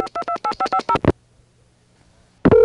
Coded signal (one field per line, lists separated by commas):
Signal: DTMF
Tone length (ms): 70 ms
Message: 5228550